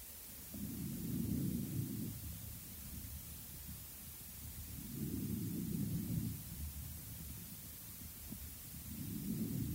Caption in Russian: Эмфиземы легких, развивающейся при многолетнем тяжелом течении бронхиальной астмы. Над всей поверхностью легких выслушивается ослабленное дыхание.